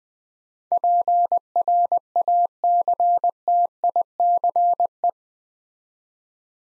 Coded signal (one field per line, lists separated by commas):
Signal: Morse code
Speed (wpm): 20 wpm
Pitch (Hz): 700 Hz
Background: none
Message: PRACTICE